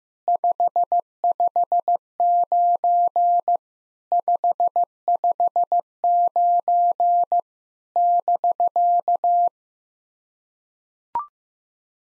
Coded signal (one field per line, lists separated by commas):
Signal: Morse code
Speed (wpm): 15 wpm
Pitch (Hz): 700 Hz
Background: none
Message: 559 559 <BK>